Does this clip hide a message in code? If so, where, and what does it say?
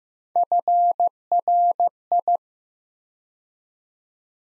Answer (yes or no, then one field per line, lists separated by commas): yes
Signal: Morse code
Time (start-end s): 0.4-2.4 s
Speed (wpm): 15 wpm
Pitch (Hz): 700 Hz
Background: none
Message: FRI